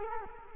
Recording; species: mosquito wingbeat signal from an infrared sensor; Culex quinquefasciatus